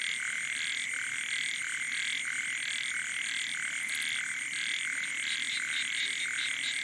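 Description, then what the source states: Frogs and toads chorusing, broad croaks repeated over and over against a persistent shrill hum. Wild night chorus on the shore of Boeng Thum lake, Cambodia, around 23:00 on 12 December 2018, as human noise fades.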